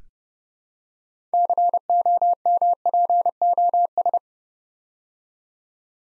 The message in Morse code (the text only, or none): COMPOS